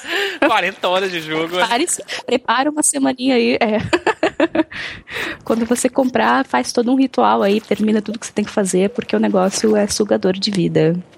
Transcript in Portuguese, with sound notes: 40 horas de jogo… Por isso, prepara uma semaninha aí, é. [risos] Quando você comprar, faz todo um ritual aí, termina tudo o que você tem que fazer porque o negócio é sugador de vida.